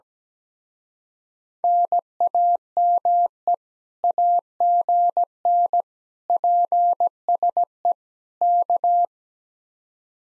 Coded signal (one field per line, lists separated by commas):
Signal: Morse code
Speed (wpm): 17 wpm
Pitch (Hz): 700 Hz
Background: none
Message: NAME AGN PSE K